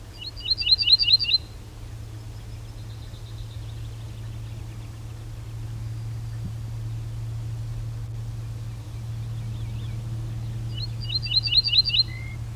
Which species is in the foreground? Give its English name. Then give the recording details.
Ortolan Bunting. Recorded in the wild. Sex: male. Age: adult. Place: Schloß Holte-Stukenbrock, Senne, Nordrhein-Westfalen, DE. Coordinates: 51.8711, 8.6625. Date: 1972-05-01. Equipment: Uher 4200 Report Stereo, Bändchenmikro Beyer M 260, Parabolspiegel Polyester (600 mm). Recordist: Conrads, Klaus